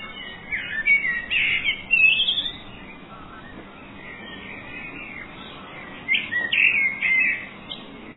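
Bird singing two rich, twittering bursts of rapid high notes, the first near the start and the second toward the end, with a quiet gap between.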